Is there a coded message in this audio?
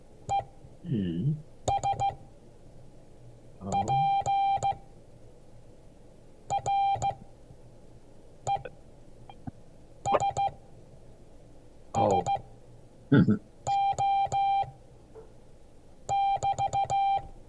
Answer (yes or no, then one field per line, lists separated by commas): yes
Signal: Morse code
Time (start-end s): 0.3-17.2 s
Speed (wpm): 15 wpm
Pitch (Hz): 790 Hz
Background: speech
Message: ESPRESSO<BT>